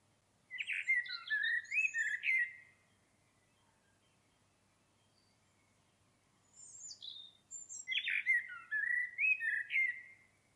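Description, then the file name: Common blackbird singing two phrases of low fluty warbling mixed with thin, high twittering, separated by a few seconds of quiet. "Turdus merula"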